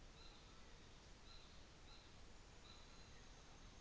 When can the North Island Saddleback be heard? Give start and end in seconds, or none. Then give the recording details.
0.00-3.03. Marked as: faintness 4/5, faintness 5/5. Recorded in New Zealand on 24 December 2018. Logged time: 17:45